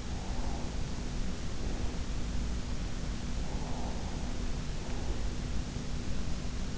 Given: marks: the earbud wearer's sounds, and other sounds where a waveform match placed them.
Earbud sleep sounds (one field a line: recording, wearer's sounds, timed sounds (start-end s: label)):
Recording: sounds in sleep by an in-ear microphone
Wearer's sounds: breath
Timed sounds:
0.02-2.09 s: breath
3.27-5.33 s: breath